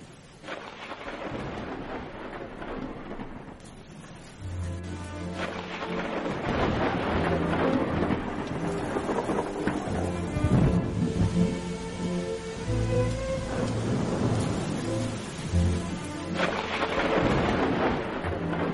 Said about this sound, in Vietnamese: Ở ngoài trời vẫn cứ mưa tầm tã, sấm chớp lập lòe.